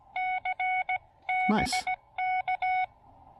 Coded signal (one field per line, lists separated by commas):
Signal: Morse code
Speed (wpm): 18 wpm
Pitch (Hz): 780 Hz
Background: speech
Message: C BK